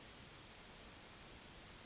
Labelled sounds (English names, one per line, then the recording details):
Yellowhammer song
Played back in grassland
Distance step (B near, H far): C
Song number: 023